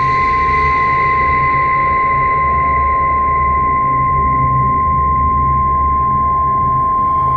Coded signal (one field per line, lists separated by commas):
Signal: Emergency Alert System (SAME) tones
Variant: 1050 Hz attention tone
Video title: EAS Scenario - The Large Tornado Alley